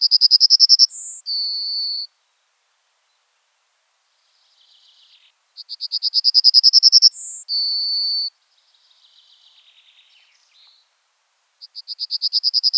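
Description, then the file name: Yellowhammer song: a rapid rattling series of high notes ending in a long, drawn-out buzzy note, repeated about every six seconds; a fainter bird twitters softly between phrases. "emberiza citrinella"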